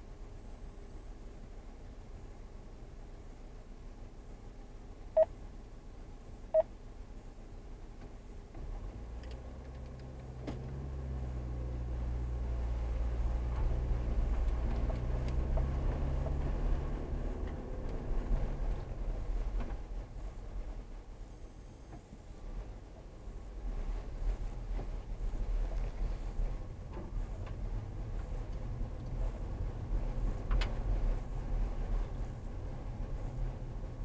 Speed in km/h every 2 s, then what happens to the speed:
0, 0, 0, 0, 0, 5, 13, 15, 15, 3, 2, 16, 21, 26, 26, 27, 21.
0-9 standing. 9-14 pulls away to 15. 16-20 slows to 2. 20-25 pulls away to 26. 25-30 steady at about 26. 30-34 slows to 21.